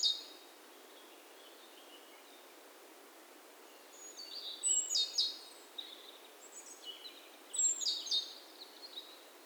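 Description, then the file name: Great tit giving high chipping and whistled call notes in two main bursts with fainter notes between, over a steady soft hiss. "Parus major"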